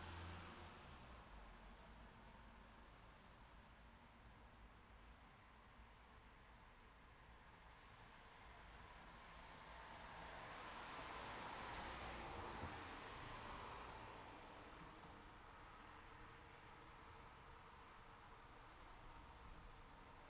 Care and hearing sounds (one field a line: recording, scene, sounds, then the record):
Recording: everyday scene through a hearing-aid microphone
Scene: in traffic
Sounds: traffic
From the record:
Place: city secondary road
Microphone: in the ear canal, right